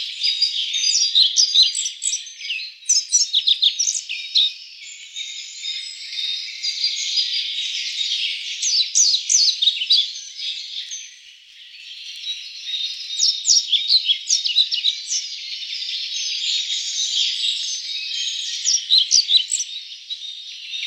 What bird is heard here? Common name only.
European Pied Flycatcher